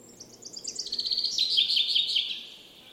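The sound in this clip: Bird giving a rapid twittering run of high, thin chirps that swells and then fades over about two seconds, over a soft background hiss.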